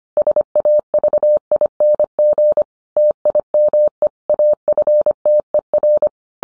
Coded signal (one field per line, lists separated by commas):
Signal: Morse code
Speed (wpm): 25 wpm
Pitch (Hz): 600 Hz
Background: none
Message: SAVING TIME AFTER